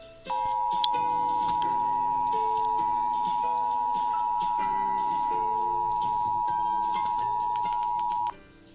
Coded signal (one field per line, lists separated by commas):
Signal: Emergency Alert System (SAME) tones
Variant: 853 and 960 Hz attention tone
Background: music